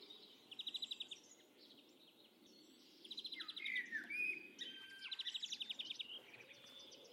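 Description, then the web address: Birds chirping: quick rattling trills alternate with a slurred whistle near the middle, several short bursts over a quiet background. "cianscape birddata Deverinetal 2025 File origin Bird Only Tu Me Tu Me"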